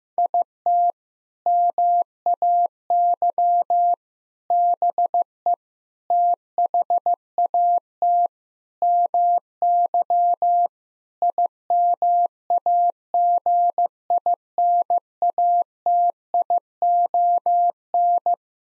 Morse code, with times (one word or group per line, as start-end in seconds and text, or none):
0.2-0.9 IT
1.5-3.9 MAY
4.5-5.5 BE
6.1-8.3 THAT
8.8-10.7 MY
11.2-18.3 IMAGINATION